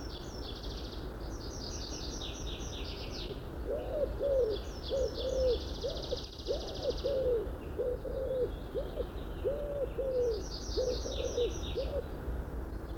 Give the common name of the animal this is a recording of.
Common Wood Pigeon